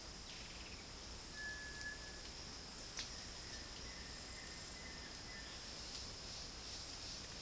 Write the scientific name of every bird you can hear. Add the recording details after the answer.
unidentified bird, Crypturellus cinereus, Akletos melanoceps. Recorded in dense forest near Puerto Asís, Putumayo, Colombia, on 21 February 2024 at 10:00. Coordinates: 0.481, -76.318. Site G6421